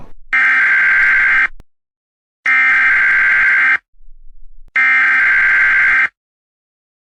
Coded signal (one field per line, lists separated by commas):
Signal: Emergency Alert System (SAME) tones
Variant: header bursts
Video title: EAS Scenario Zombie Eaters (please do not watch this, it's terrible.)